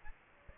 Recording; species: mosquito wingbeat signal from an infrared sensor; Aedes aegypti